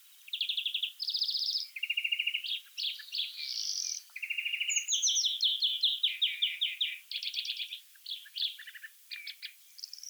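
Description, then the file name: European greenfinch song, a continuous run of fast twittering trills and buzzy rattles switching pitch every second or so, with brief sweeping notes between. "Chloris chloris"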